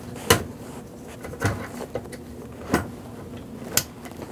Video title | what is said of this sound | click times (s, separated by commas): How to Replace Fuel Transfer Unit 2008-2014 Mercedes-Benz C300 3.0L V6 | You'll hear that click. | 0.3 s, 3.8 s